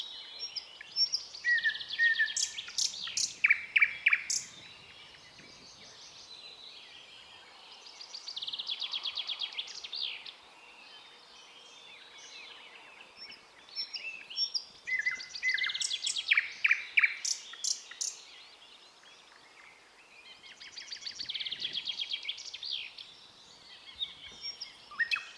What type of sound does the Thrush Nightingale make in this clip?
song